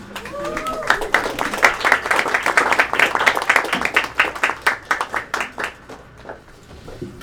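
An audience breaks into applause for a performer being introduced on stage, a dense wash of clapping that swells quickly, holds steady, then thins into scattered individual claps before fading out. A brief voice is heard at the very start.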